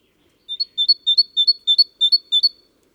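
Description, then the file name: Great tit song: a tight series of seven loud two-note phrases, evenly spaced and ringing, in an otherwise quiet setting. "Parus major"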